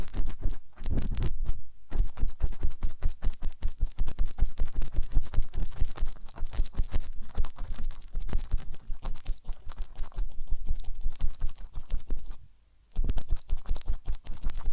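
Ear cleaning and massage sounds: a dense, fast run of crisp scratching and tapping clicks, like fingertips or tools rubbing right over a surface. The rustle stays busy and fairly even throughout, with a brief pause near 1.5 seconds and a short full stop around 12.5 seconds.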